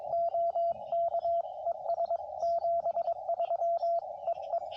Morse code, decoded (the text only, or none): OK ES 73 EE